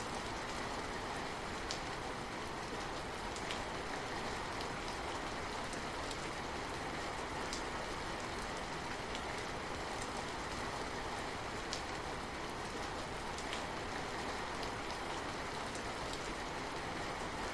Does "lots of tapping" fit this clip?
no